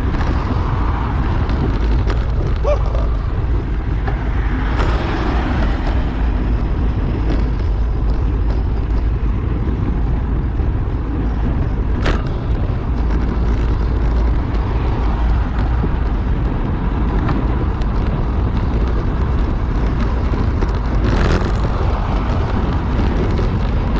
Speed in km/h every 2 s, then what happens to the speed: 36, 36, 37, 37, 37, 37, 37, 37, 37, 36, 36, 36.
0-24 steady at about 37.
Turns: none.